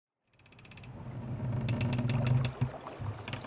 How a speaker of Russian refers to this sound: Периодически мимо нас, на отдалении не более километра, проплывали лодки, баржи и прочие плавсредства из Лесного и из Лунёва.